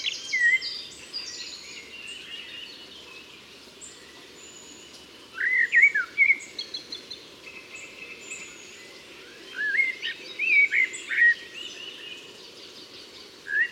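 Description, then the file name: Common blackbird giving sparse fluty song phrases separated by pauses, over a steady background of chirping birds. "Turdus merula"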